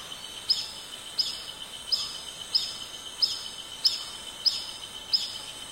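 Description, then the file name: Black bee-eater calls: thin, high, clipped notes repeated at a steady pace over a constant high background hiss. "canto do abelharuco preto"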